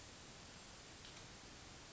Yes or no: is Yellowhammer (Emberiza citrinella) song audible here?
no